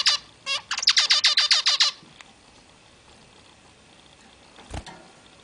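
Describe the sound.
Zebra finch calls, a burst of rapid nasal beeps over the first two seconds, then quiet.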